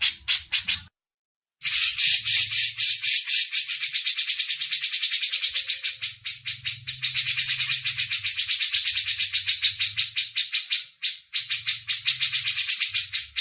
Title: MASTERAN CUCAK JENGGOT